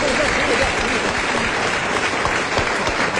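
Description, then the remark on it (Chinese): A crowd claps steadily for about three seconds for the men in the audience, a dense, even patter of many hands at a constant loud level with no pauses. “喂，咱们男同胞给鼓鼓掌，给男同胞给鼓鼓掌。”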